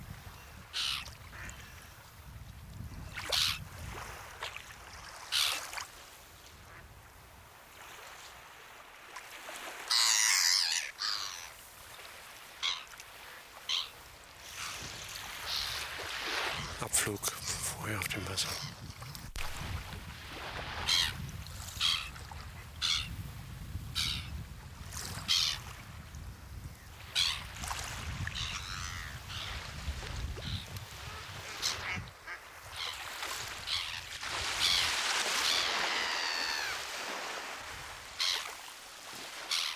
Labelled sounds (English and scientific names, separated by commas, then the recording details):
Black-headed Gull (Chroicocephalus ridibundus) call
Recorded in the wild
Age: adult
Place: Stubbenfelde, Insel Usedom, Mecklenburg-Vorpommern, DE
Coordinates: 54.0286, 14.0319
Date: 1983-09-27 10:07
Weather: slightly sunny, hazy, mist, 13°C
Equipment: Nagra SN, Sennheiser MKH 416 T, Kopie Uher 4000 Report Monitor
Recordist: Tembrock, Günter